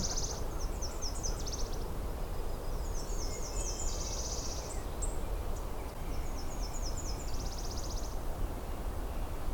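Nashville warbler repeating its two-part song: high repeated notes that speed into a fast closing trill, heard three times over continuous low rumbling noise.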